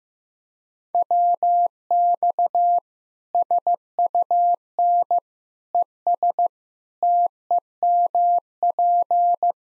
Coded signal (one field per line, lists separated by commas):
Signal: Morse code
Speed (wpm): 15 wpm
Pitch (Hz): 700 Hz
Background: none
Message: WX SUN ES TEMP